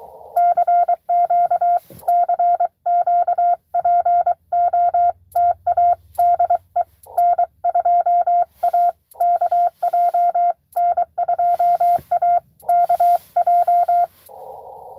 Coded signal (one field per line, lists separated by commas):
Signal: Morse code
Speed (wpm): 23 wpm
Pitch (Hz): 700 Hz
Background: none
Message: CQ CQ POTA DE N2AKJ N2AKJ